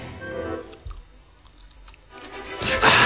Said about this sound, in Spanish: Si es que eres un abuelo, tío, entre el pijama y sorbiendo el agua como la sopa, tío.